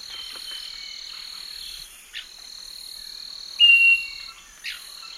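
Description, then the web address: Southern nightingale-wren sounding one clean, sustained whistle past the middle, flat in pitch, with continuous shrill insect droning throughout. Recorded in the Eastern Lowlands of South America. "Natures Songs S America Eastern Lowlands 488 Southern Nightingale-Wren"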